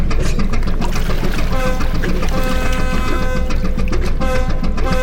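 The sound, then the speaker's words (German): The engine of the boat Skorpion drones steadily and loudly through the whole stretch as the water police order it to stop, its low rumble carrying a faint tonal hum, mixed with constant rushing, splashing water. “Stoppen Sie die Maschine, Skorpion, und drehen Sie bei.”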